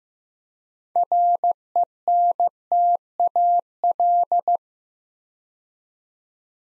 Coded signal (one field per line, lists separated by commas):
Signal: Morse code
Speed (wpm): 15 wpm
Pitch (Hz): 700 Hz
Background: none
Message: RENTAL